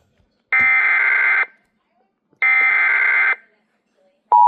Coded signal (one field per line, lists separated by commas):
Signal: Emergency Alert System (SAME) tones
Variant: header bursts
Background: speech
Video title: TFT DEBUT - EAS Alerts from 2/27-3/1/26 (New EAS 965-973)